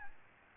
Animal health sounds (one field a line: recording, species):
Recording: mosquito wingbeat signal from an infrared sensor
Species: Aedes albopictus